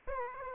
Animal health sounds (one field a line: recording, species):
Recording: mosquito wingbeat signal from an infrared sensor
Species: Aedes aegypti